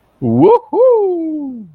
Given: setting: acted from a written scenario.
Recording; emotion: vocal sound without words; triumph